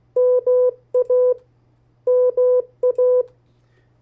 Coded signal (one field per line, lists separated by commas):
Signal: Morse code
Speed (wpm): 16 wpm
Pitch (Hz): 500 Hz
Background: none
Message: MA MA